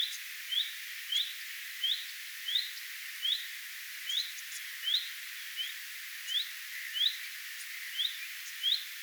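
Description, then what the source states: Common redstart repeating a bright upward whistle many times at a brisk pace, with faint other sounds behind. Alarm or attention calls, recorded 3 May 2025.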